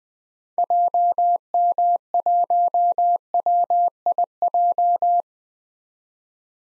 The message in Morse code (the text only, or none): JM1WIJ